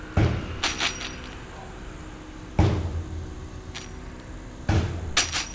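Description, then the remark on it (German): In a museum exhibit, three dull thumps on a yellow drum land a couple of seconds apart, each sending an air vortex to a wall of silver coins 3 metres away, which answers with a bright, shimmering metallic jingle like many thin coins rattling, fading quickly before the next strike. “Mit einem Schlag auf eine gelbe Trommel kommt ein Luftwirbel in Bewegung. 3 Meter entfernt steht eine Wand mit silbernen Münzen, die durch den Luftwirbel zum Klingen gebracht werden.”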